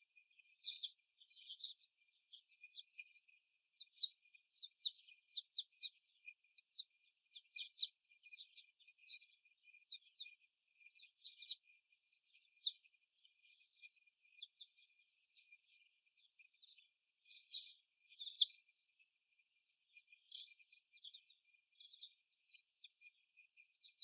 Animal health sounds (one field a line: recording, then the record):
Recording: young laying hens in a cage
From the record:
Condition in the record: after the stressor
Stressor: simulated dog barking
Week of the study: 1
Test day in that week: 1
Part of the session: 1